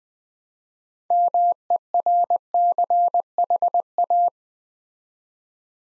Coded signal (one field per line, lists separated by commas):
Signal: Morse code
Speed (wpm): 20 wpm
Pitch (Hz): 700 Hz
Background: none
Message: MERCHA